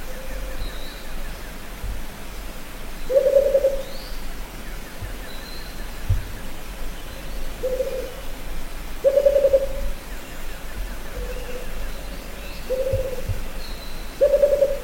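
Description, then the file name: Rufous-capped Motmot repeating low, tremulous hooting phrases every few seconds, some fainter than others, with faint high bird calls in the background. "Canto da juruva"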